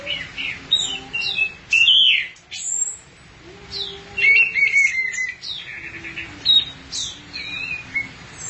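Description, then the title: Thrush song, a busy run of varied whistles, trills and high squeaky notes with little pause. "burung anis x"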